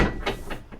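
The sliding barn door of the bathroom in a 2026 no-slide Rockwood Mini Lite 2524FBT is slid shut into a strong magnet that holds it in place instead of a mechanical latch. A short sliding rush ends in a sharp catch at 0.3 s, followed by two fainter knocks around 0.5 s and 0.7 s. The door seats against the magnet and is held shut.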